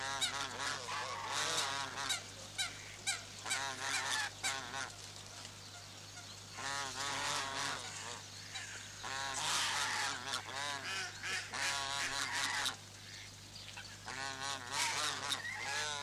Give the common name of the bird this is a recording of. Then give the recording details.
Swan Goose. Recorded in captivity. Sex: group. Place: Zoo Berlin, Berlin, DE. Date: 2006-09-21 12:20. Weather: sunny, 24°C. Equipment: Grundig CR 110, Sennheiser ME 80, Kopie Uher 4000 Report Monitor. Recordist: Tembrock, Günter